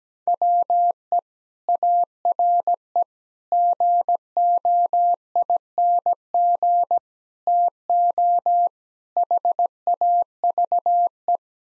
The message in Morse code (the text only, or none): WE ARE GOING TO HAVE